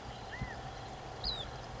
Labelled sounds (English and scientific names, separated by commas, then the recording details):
California Quail (Callipepla californica)
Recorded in Sonoma County, California